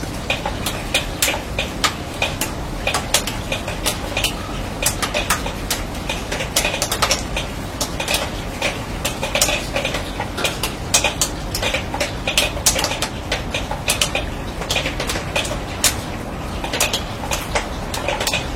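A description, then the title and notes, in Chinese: Rain drips onto a steel roof, each drop a sharp, bright tick over a constant low wash. The drops land densely and irregularly throughout, some louder and ringing slightly higher, with no pause or change in pace across the nineteen seconds. 乡村晨雨【一小时纯音】- 在迷雾中被雨水唤醒的清晨、倾听远方鸟鸣。雨水滴落在钢铁顶棚。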